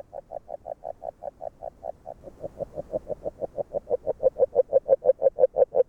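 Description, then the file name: Agile frog call: a chain of soft knocking notes that starts quiet, briefly fades, then swells louder toward the end. Recorded in Hungary. "Magyarorsz g B kahangjai - Erdei beka Agile Frog"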